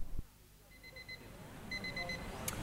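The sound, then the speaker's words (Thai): A clock alarm sounds for ten o'clock with two short bursts of rapid, high-pitched electronic beeps, fairly faint over a low background rumble. “จริงด้วยนาฬิกานี่ก็10โมง”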